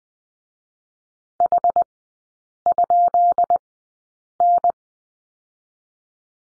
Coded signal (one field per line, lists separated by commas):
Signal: Morse code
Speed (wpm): 20 wpm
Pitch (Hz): 700 Hz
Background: none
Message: H?N